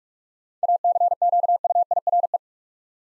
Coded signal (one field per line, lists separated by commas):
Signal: Morse code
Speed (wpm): 46 wpm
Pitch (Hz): 700 Hz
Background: none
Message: ACQUIRE